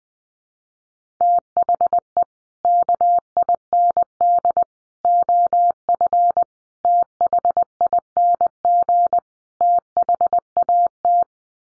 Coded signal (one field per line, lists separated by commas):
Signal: Morse code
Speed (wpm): 20 wpm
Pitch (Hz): 700 Hz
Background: none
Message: THE KIND OF THING THAT